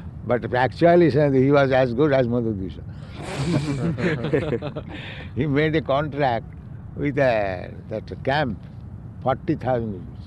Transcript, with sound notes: But factually, he was as good as Madhudviṣa. [laughs] He made a contract with a..., that camp, forty thousand